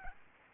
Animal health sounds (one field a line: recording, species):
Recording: mosquito wingbeat signal from an infrared sensor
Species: Aedes albopictus